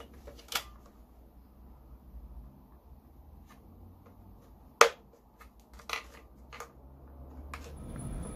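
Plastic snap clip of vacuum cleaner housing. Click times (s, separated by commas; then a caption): 4.8 s. A screwdriver is levered between the plastic housing halves of a cordless stick vacuum to pry the snap clips apart. A sharp snap at 4.8 s marks a plastic housing clip popping loose, followed by smaller clicks and rattles. The clip is released.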